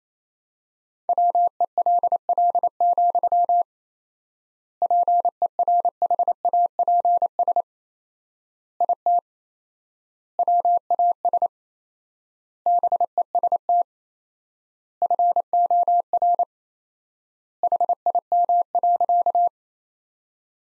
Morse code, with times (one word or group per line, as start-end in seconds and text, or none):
1.1-3.6 WELL,
4.8-7.6 PERHAPS
8.8-9.2 IT
10.4-11.5 WAS
12.7-13.8 BEST
15.0-16.4 FOR
17.6-19.5 HIM.